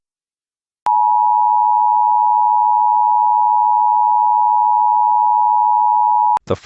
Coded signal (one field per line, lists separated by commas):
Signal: Emergency Alert System (SAME) tones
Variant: 853 and 960 Hz attention tone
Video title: EAS Mock Scenario - Indoor Waterpark & Loop Terrorism